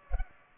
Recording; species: mosquito wingbeat signal from an infrared sensor; Culex pipiens